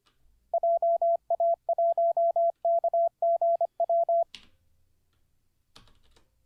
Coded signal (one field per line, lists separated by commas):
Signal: Morse code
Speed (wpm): 25 wpm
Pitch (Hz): 680 Hz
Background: none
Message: JA1KGW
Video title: How To Learn Morse Code LIVE with N0SSC (Day 23)